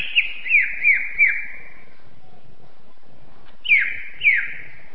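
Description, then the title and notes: Greater green leafbird song: a quick series of four downslurred whistles, a pause, then two more falling whistles. Singing presented as champion-level birdsong. "Kicau Burung Cucak Ijo Juara. Suara kicauan burung cucak ijo"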